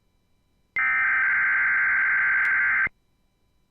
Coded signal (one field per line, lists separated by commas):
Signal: Emergency Alert System (SAME) tones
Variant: header bursts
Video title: (RARE) LIVE VOICE RWT FOR HAWAII!!! (EAS #56)